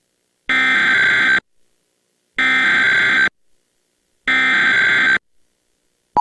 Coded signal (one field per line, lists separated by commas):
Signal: Emergency Alert System (SAME) tones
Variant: header bursts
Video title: [livetoons backup] CN "Candy Kingdom" Singalong X-mas but gets interrupted by EAS